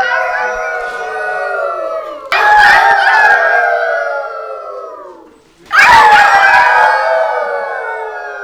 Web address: Park Sounds Kids Coyote